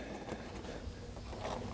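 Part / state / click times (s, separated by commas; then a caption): plastic retaining clip into windshield wiper assembly / not seated / none. A plastic retaining clip, taken out of a windshield wiper assembly, is handled by hand before being pushed back in. Only steady low rumbling, wind-like noise is heard, with no distinct click. Nothing has seated or clicked yet.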